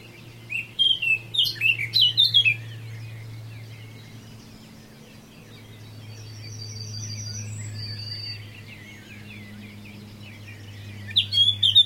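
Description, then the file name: Eurasian blackcap delivering a quick run of scratchy, warbling notes lasting about two seconds, then a brief phrase at the end, with a constant low hum underneath. "Sylvia atricapilla"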